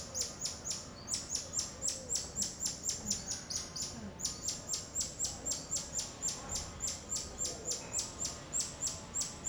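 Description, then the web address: Bird giving a long, steady series of high, sharp chirps about four per second, barely pausing, above a low background hum. Outdoor ambience in a suburb of Rio de Janeiro. "Monte Sound - Atmospheres of Rio de Janeiro AMB External Rio Subburb Birds Dogs Monkeys"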